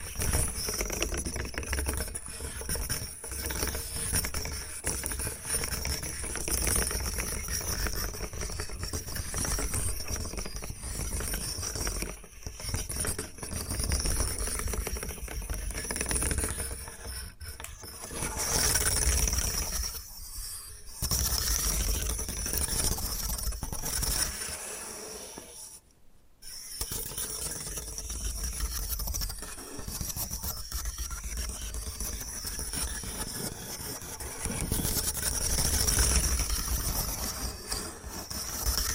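Bamboo is tapped, scratched and brushed in a dense, rattling stream of clicks and hiss, pausing briefly around 20 and 26 seconds.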